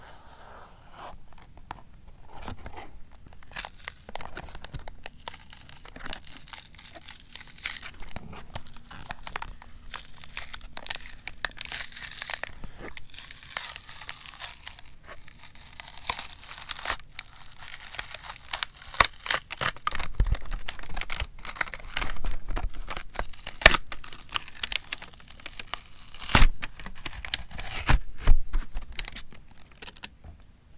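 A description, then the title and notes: Dry rustling and shuffling continue, with papery crinkling and scraping that comes and goes without a steady rhythm. Sharp taps and crunchy snaps punctuate it, busiest and loudest from about twenty seconds on, especially near 26 and 28 seconds. Rustling, shuffling, scraping, tapping ASMR.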